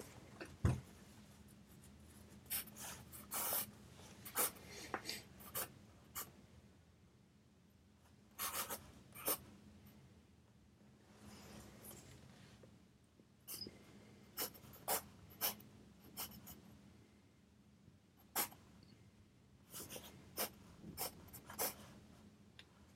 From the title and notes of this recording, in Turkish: Sessiz odada 25 dakika boyunca kurşun kalem ile ders çalışma; ortam sesleri, beyaz gürültü alt yapısı, kurşun kalem.